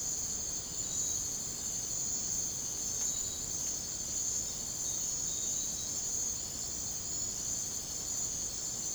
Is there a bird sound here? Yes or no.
no